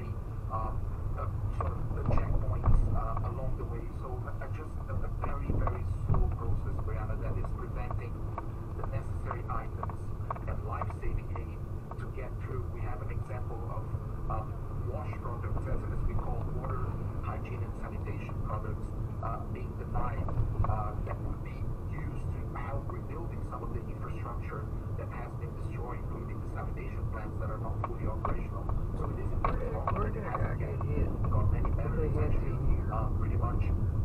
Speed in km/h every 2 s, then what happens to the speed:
16, 19, 23, 16, 18, 18, 19, 23, 24, 24, 24, 24, 24, 24, 26, 26, 24.
0-11 steady at about 18. 11-16 speeds up to 24. 16-34 steady at about 24.